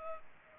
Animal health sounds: mosquito wingbeat signal from an infrared sensor; Culex pipiens

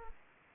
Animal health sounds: mosquito wingbeat signal from an infrared sensor; Aedes aegypti

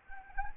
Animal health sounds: mosquito wingbeat signal from an infrared sensor; Anopheles gambiae

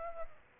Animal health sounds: mosquito wingbeat signal from an infrared sensor; Aedes aegypti

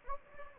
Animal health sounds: mosquito wingbeat signal from an infrared sensor; Anopheles gambiae

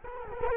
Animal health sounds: mosquito wingbeat signal from an infrared sensor; Culex quinquefasciatus

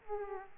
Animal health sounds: mosquito wingbeat signal from an infrared sensor; Aedes aegypti

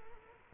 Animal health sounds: mosquito wingbeat signal from an infrared sensor; Culex quinquefasciatus

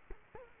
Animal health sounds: mosquito wingbeat signal from an infrared sensor; Culex quinquefasciatus

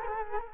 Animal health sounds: mosquito wingbeat signal from an infrared sensor; Culex quinquefasciatus

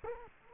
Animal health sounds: mosquito wingbeat signal from an infrared sensor; Culex quinquefasciatus

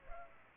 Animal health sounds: mosquito wingbeat signal from an infrared sensor; Culex pipiens

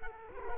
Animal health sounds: mosquito wingbeat signal from an infrared sensor; Culex quinquefasciatus

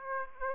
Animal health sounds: mosquito wingbeat signal from an infrared sensor; Aedes aegypti

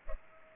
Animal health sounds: mosquito wingbeat signal from an infrared sensor; Culex pipiens

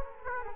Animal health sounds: mosquito wingbeat signal from an infrared sensor; Culex quinquefasciatus

